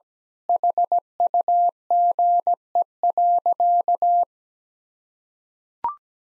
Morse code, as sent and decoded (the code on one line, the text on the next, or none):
.... ..- --. . .-.-.-
HUGE.